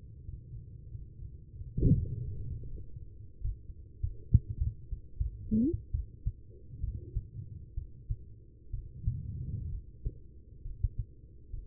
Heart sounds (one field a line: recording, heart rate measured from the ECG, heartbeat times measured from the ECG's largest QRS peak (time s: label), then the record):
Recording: heart sounds by stethoscope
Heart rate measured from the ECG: 80 bpm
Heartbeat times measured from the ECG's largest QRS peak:
0.23 s: heartbeat
0.89 s: heartbeat
1.55 s: heartbeat
2.22 s: heartbeat
2.66 s: heartbeat
3.40 s: heartbeat
4.00 s: heartbeat
4.58 s: heartbeat
5.17 s: heartbeat
5.91 s: heartbeat
6.80 s: heartbeat
7.74 s: heartbeat
8.71 s: heartbeat
9.70 s: heartbeat
10.63 s: heartbeat
11.51 s: heartbeat
From the record:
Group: healthy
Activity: Valsalva maneuver 0-3 s, rest 3-12 s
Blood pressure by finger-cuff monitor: 127/94 mmHg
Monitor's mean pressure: 107 mmHg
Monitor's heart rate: 81 bpm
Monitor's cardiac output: 5 L/min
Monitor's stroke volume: 56 mL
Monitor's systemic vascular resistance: 1540 dyn s/cm5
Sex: female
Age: 43 years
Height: 160 cm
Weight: 90 kg